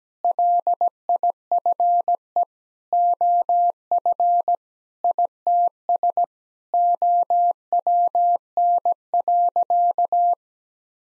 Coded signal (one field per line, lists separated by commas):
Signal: Morse code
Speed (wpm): 17 wpm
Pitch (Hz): 700 Hz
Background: none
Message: LIFE OF ITS OWN.